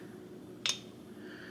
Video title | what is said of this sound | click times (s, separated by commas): Echo 2620 Basic Maintenance WITH PART NUMBERS | when it drops in like that, that means your threads are seated and you're not going to cross thread it. | 0.7 s